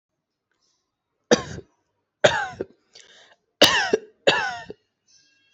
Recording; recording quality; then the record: heavy voluntary cough; excellent, no background noise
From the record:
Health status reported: healthy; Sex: male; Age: 20 years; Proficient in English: yes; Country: India